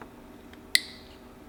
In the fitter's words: there we go make sure it clicks goodness i was worried there